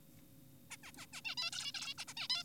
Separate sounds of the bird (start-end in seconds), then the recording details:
0.71-0.77, 0.84-0.92, 0.98-1.06, 1.13-1.21, 1.25-1.35, 1.38-1.50, 1.52-1.72, 1.75-1.94, 1.98-2.05, 2.08-2.14, 2.17-2.28, 2.30-2.44. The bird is an adult. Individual g4p5U